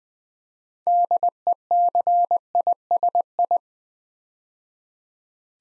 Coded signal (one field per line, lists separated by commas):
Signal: Morse code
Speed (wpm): 20 wpm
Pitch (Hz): 700 Hz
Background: none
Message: DECISI